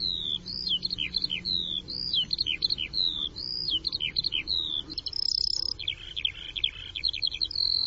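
Bird calls: lively high twittering phrases of slurred and buzzy notes, repeated in a continuous chattering sequence, ending with sharper clipped notes.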